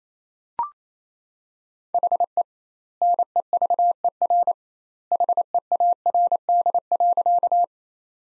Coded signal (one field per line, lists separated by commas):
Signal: Morse code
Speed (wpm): 28 wpm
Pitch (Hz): 700 Hz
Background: none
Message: HE NEVER HEARD.